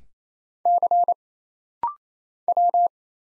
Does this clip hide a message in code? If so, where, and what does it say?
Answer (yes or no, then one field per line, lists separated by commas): yes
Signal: Morse code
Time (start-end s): 0.7-2.9 s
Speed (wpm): 27 wpm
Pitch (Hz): 700 Hz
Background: none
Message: C W